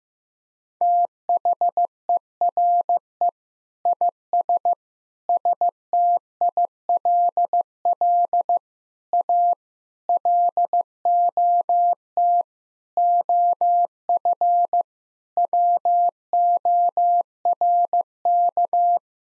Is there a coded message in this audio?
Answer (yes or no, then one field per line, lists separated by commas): yes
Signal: Morse code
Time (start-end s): 0.8-19.0 s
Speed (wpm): 15 wpm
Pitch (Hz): 700 Hz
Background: none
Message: THERE IS STILL A LOT OF WORK